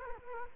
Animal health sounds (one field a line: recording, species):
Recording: mosquito wingbeat signal from an infrared sensor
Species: Culex quinquefasciatus